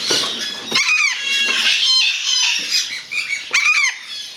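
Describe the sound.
Parrot squawks, harsh raspy screeches in overlapping bursts, with a few sharper downslurred shrieks in between.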